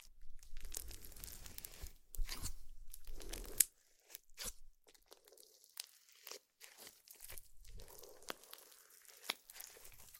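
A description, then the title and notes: Slime being squished and pressed, with crisp crunching and crinkling bursts that come in irregular clusters. The busiest, loudest stretch runs through the first four seconds, then the sounds thin into sparser pops and clicks with short silent gaps between them. ASMR Slime - SO Satisfying - ( No Talking).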